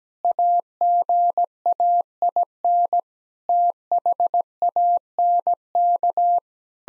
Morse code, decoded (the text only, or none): AGAIN THANK